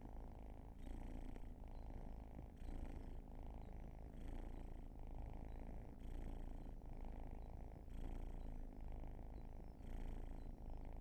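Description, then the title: Cat purring in a low, throbbing rumble that surges about every two seconds as the animal breathes in and out. Long purring session. "Purrathon"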